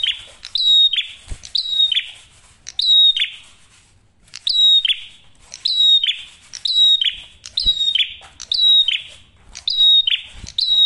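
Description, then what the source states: Prinia song: bright, high chirp phrases repeated in quick runs, each a fast falling note and buzz, with a brief pause midway. Masteran tutor audio for training songbirds; prenjak merah singing actively with a clear voice.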